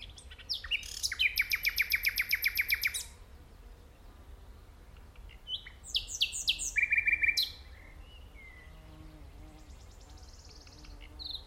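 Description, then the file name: Common nightingale song: a long, fast pulsed trill of repeated notes, then after a pause a varied phrase of sharp notes and a clear whistled trill. "Luscinia megarhynchos"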